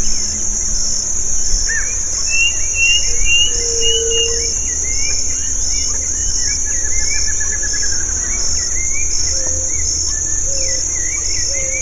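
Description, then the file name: Bird chirps and a short fast trill, with a few soft low notes, against an unbroken shrill insect chorus. "SABIOD 50 bird 2015"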